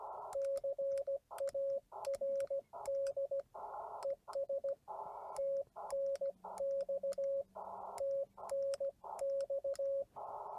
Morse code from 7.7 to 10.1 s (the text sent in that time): TNX